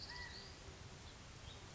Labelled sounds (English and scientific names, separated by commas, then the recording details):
California Quail (Callipepla californica)
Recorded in Sonoma County, California